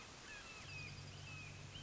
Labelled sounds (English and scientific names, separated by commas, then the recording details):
Red-shouldered Hawk (Buteo lineatus)
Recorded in Sonoma County, California